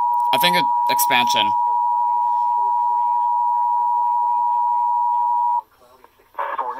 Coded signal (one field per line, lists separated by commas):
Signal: Emergency Alert System (SAME) tones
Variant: 853 and 960 Hz attention tone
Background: speech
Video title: EAS 1483 TOA #50 EXPANSION